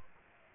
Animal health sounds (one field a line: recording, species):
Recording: mosquito wingbeat signal from an infrared sensor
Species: Aedes aegypti